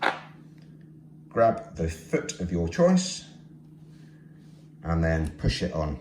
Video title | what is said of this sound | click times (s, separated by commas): Boscabel Bel-loc bipod User Guide and unboxing | when you fit them back on when you're refitting the feet you'll need to push the leg in so it locks | 0.1 s